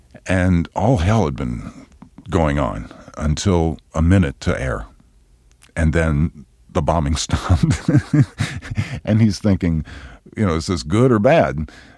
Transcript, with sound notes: And all hell had been going on until a minute to air, and then the bombing stopped (laughter). And he's thinking, you know, is this good or bad?